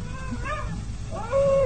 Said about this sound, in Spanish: ¿Escucha? Sí. Otra vez los aullidos. Efectivamente. Bueno, tal vez se trate de un lobo solitario o bien una bestia humana.